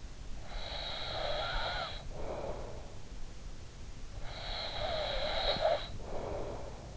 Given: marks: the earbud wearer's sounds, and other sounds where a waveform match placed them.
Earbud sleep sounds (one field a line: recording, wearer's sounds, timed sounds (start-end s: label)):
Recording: sounds in sleep by an in-ear microphone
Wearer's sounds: snoring breath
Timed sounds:
0.40-2.87 s: snoring breath
4.25-6.97 s: snoring breath